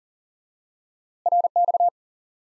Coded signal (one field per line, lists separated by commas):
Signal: Morse code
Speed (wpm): 40 wpm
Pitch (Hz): 700 Hz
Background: none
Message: RX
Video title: Course 3 - Lesson 51 - QRQ - Single Element Repeated